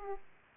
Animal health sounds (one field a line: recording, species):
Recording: mosquito wingbeat signal from an infrared sensor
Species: Aedes aegypti